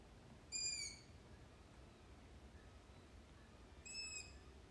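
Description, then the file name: Bird calls: two short, harsh, harmonic squeals about three and a half seconds apart over a quiet, steady hiss. "fugl"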